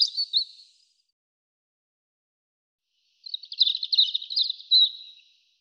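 European robin singing: the end of a brief high phrase, then after a pause of about two seconds a longer warbling phrase of quick, thin notes.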